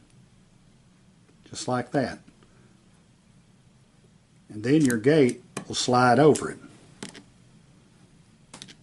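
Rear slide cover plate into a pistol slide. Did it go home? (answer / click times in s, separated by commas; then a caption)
yes / 8.6 s. A rear slide cover plate is slid up over the striker and extractor spring rod into its slot on the steel slide of a Glock G19 Gen4 pistol, while the extractor spring rod is held down. Someone talks, and then a short, sharp snap at 8.6 s marks the plate seating into place.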